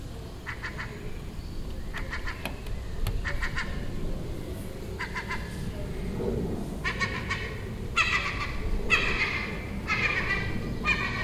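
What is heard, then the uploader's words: Seagulls chatter in short bursts of harsh, nasal calls, some rapid and clipped, others longer and squawking, growing louder and more frequent in the second half. A steady low rumble runs underneath throughout. This seagull had a nest on the roof next door and it was making these sounds all day for a week. Seagull Chatter.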